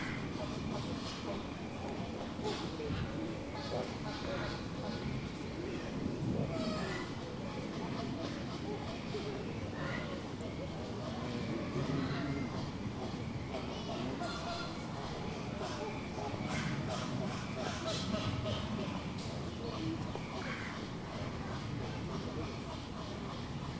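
Zoo atmosphere with a steady crowd of overlapping voices chattering throughout the whole stretch, never pausing. A low continuous rumble runs underneath, and brief brighter clicks and knocks pop up now and then, with a faint high tone drifting in near the end.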